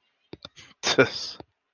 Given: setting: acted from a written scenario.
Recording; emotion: vocal sound without words; contempt